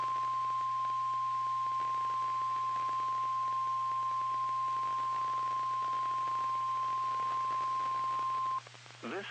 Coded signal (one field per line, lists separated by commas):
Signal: Emergency Alert System (SAME) tones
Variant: 1050 Hz attention tone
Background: speech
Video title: WXJ41 Required Weekly Test (2/17/21) (EAS 4500)